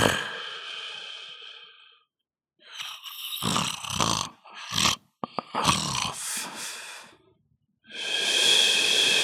People snoring.